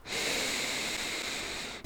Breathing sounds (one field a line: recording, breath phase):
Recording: one breath near a microphone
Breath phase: inhalation